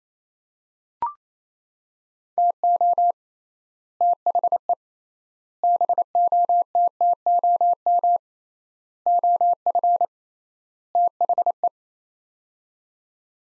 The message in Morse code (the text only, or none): TO THE BOTTOM OF THE